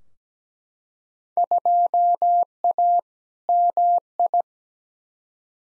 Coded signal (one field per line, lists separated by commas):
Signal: Morse code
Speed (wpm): 17 wpm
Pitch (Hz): 700 Hz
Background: none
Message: 2A MI